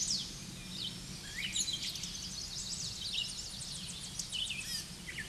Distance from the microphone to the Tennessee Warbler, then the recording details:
about 40 m. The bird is about 5 m above the microphone. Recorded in a Pennsylvania forest on 16 May 2024 at 07:13. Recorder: AudioMoth, point MSD-0438. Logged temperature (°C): 14.5 °C. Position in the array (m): 83 m, 63 m